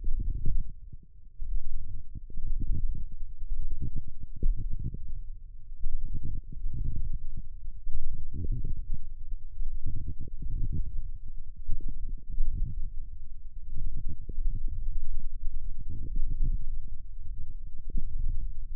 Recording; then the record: forearm muscle sounds (acoustic myography)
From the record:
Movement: wrist extension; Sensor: system 1, eight BSWA MPA416 microphones around the upper forearm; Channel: 5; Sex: female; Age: 21 years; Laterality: right